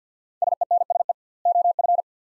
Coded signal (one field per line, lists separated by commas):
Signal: Morse code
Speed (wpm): 50 wpm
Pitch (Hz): 700 Hz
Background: none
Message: SENSE OF